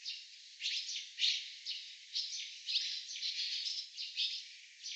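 Barn swallow twittering: quick, high, sharp chirps tumbling closely together without pause.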